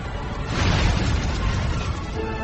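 Six burning fire ships, not diverted by the Spanish fleet's boats, keep exploding as they drift, in a deep, rumbling roar that swells after a quieter start, holds loud and dense for over a second, then eases into a crackling rumble, with no voices.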